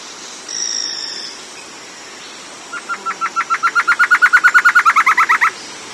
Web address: BIRD 2015 small 50 CLASSES SABIOD 50 bird 2015